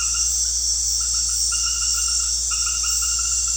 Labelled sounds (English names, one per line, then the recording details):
none
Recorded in secondary vegetation near Puerto Asís, Putumayo, Colombia, on 4 March 2025 at 19:00
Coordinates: 0.484, -76.319
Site G010